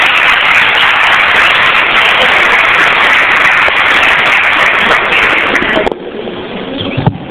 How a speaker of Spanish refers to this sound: Un fuerte aplauso para el doctor Verdera.